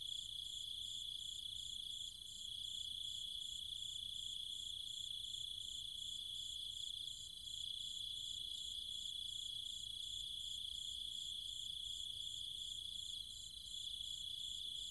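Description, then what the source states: Cicadas and other insects hold a constant piercing whine, with a rapidly pulsing shimmer above it and brief dips in loudness. Cicadas and other insects, at night, in trees and fields in the countryside of Chiang Mai, Thailand.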